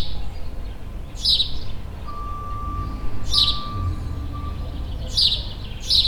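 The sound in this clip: Bird chirping: four sharp high notes, the last two close together, while a thin steady whine sounds for a couple of seconds over low background rumble.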